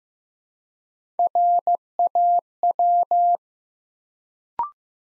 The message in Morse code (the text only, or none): RAW